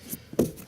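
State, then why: Seated. On a Mini Cooper, the plastic cabin filter cover is pushed back into its housing with a little pressure after the new cabin filter goes in. A sharp click is heard at 0.4 s as its clips snap in, with a softer tick near the end. The cover is seated.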